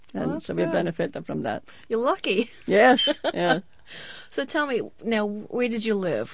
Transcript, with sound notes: And so we benefited from that.
That's good. You're lucky! (she laughs)
Yes, yes.
So tell me, now where did you live?